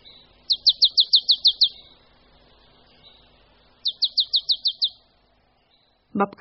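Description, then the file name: Marsh tit: two quick bursts of about seven high, sharp, down-slurred notes, separated by a pause of around two seconds, then a brief loud noise at the end. "Sýkora-babka"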